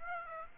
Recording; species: mosquito wingbeat signal from an infrared sensor; Aedes aegypti